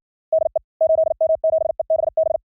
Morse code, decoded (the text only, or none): DE 8M7EBB